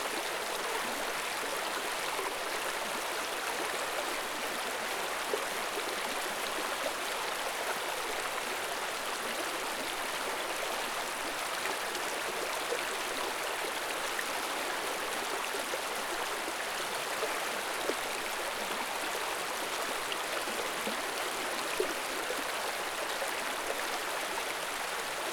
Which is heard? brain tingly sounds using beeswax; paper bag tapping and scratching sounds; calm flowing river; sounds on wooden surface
calm flowing river